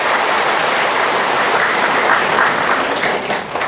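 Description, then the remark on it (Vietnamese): A crowd claps steadily for several seconds, a dense, loud wash of many hands with no voices, tapering slightly at the end. “Xin quý vị cho tràng pháo tay đi.”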